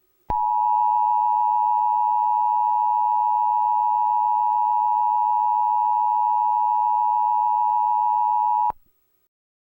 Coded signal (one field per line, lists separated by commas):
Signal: Emergency Alert System (SAME) tones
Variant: 853 and 960 Hz attention tone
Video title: EAS Scenario - Banana Eats